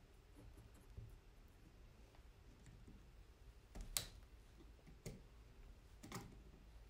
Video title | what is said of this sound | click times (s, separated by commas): Chicken Cage - 2 Layer H:15" (Assembly Instructions - Hatching Time) Cimuka | hear it snap in so | 4.0 s